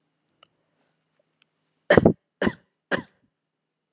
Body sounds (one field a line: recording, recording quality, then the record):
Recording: shallow voluntary cough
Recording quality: excellent, no background noise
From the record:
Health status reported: healthy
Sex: male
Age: 26 years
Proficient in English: yes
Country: India